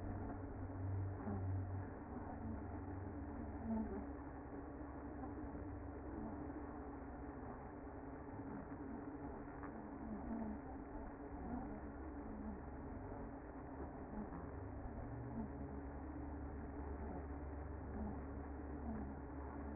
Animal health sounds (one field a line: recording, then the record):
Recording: honeybee colony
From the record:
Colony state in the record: active